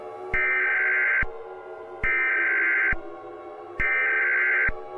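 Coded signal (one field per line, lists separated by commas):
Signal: Emergency Alert System (SAME) tones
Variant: header bursts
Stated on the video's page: Fictional mock alert scenario.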